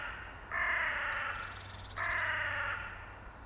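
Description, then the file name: Carrion crow giving two long, grating caws about one and a half seconds apart. "Corvus corone"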